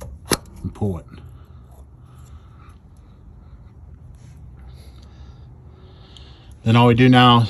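On a 2021 Ford 6.7 Powerstroke diesel, the middle tab on the fuel line quick connector is pushed and the line is pulled off the fuel filter housing fitting, releasing with a sharp click at 0.3 s. Someone talks before and after, with louder talk starting near 6.7 s.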